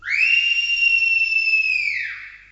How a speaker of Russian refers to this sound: Одну минутку, прислушайтесь. Мне хочется, чтобы и вы вместе со мной услышали пение птиц. Слышите?